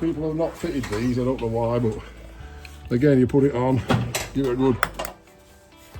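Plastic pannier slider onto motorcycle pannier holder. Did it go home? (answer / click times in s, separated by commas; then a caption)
yes / 5.1 s. Someone talks while a plastic pannier slider is pushed with a firm press onto the pannier holder on the second side of a 2021 KTM 1290 Super Adventure S motorcycle. A sharp click at 5.0 s marks the slider seating, pushed home flush.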